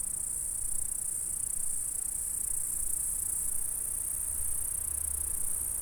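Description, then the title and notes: Insects stridulating in a steady, high-pitched continuous hiss that never pauses, over a soft low rumble. "M3XG+CF Saint-François-de-Sales, France - insectes. Stridulations dans la prairie. Enregistreur ZoomH4"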